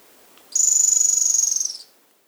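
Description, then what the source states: Spotted barbtail giving a thin, very high-pitched trill of rapid, even pulses lasting a little over a second, fading slightly at the end, against a quiet background. South America.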